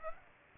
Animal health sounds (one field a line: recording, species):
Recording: mosquito wingbeat signal from an infrared sensor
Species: Aedes aegypti